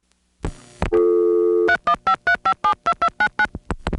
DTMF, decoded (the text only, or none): 3153572299